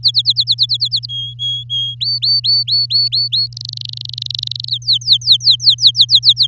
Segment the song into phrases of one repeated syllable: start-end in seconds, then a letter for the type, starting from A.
0.03-1.06 A, 1.09-1.95 B, 2.00-3.48 C, 3.52-4.69 D, 4.69-6.47 E